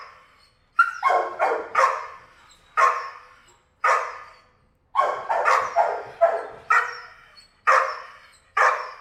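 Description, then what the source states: Dog barking repeatedly in sharp bursts, some single and some in quick clusters of two or three. Dog barking in a kennel, recorded from different perspectives in a roomy, quiet room.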